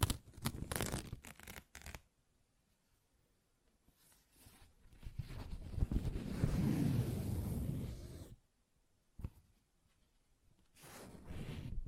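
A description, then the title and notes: Paper is handled and torn in separate bursts. A quick series of sharp crackling rips fills the first two seconds, then after a pause comes a longer, fuller tear swelling from about four to eight seconds, followed by a brief snap and a final rustle near the end. ASMR Paper Ripping Tearing Sounds (No Talking).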